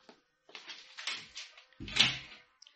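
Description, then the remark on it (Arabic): A door is pushed shut in a scene of an Egyptian radio drama: a short scraping swing, then a solid, low thud that fades quickly, followed by a couple of small faint clicks as it settles. No one speaks. “اقفلي الباب وراكي.”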